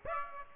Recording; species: mosquito wingbeat signal from an infrared sensor; Aedes aegypti